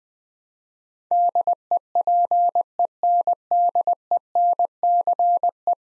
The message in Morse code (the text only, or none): DEPENDENCE